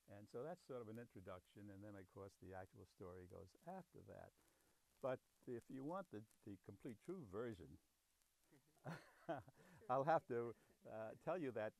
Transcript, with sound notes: And so that's sort of an introduction and then, of course, the actual story goes after that. But if you want the — the complete, true version [laughter]
True —
— I'll have to tell you that.